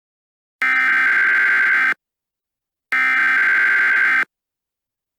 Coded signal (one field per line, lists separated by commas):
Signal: Emergency Alert System (SAME) tones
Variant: header bursts